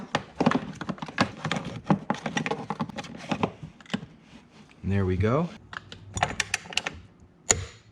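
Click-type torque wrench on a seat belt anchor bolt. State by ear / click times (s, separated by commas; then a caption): torque reached / 7.5 s. A click-type torque wrench ratchets a seat belt anchor bolt down on a C7 Corvette during a seat belt swap, while someone talks. Quick ratchet clicks are followed by a sharp, loud click at 7.5 s as the wrench reaches its setting, confirming the bolt is torqued properly.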